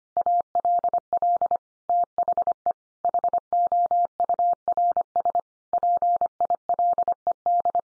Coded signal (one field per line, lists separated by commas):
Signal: Morse code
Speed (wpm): 25 wpm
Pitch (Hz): 700 Hz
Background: none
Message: ALL THE HOURS PILED